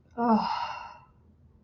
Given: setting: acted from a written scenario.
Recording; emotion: vocal sound without words; relief